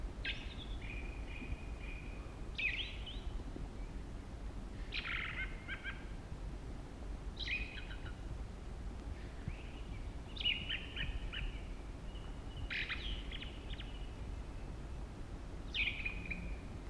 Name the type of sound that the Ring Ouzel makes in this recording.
song